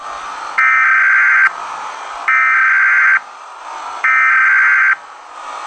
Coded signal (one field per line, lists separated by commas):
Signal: Emergency Alert System (SAME) tones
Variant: header bursts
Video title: eas scenario catemojibabyheat part 104 for natural idea of the young country bomber